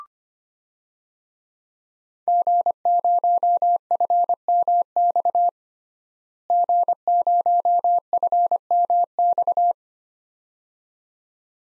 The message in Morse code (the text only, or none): G0FMX G0FMX